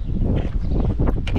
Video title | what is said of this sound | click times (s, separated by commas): VanLIfe how to operate RV basics for newbies - New Zealand - Mercedes Sprinter | simply carefully slide straight in until it clicks | 1.3 s